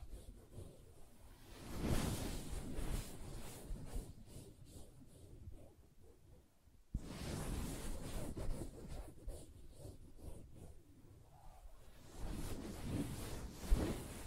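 Soft fabric is tapped and scratched in a dense, irregular patter of muffled hits and rough rubbing. A louder scratching swell comes around two seconds, the sound cuts off briefly near seven seconds, then resumes with another stronger burst near thirteen seconds.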